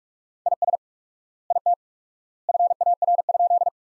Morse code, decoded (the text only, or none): IS IT FAR?